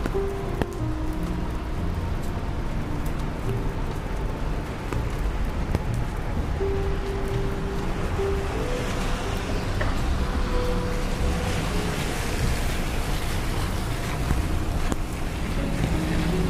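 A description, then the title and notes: Rain falls steadily on a New York street, a dense, even hiss with constant low traffic rumble underneath. Brief tonal hums from passing engines or horns come and go, and scattered sharp ticks of drops land throughout. Raining Day In New York.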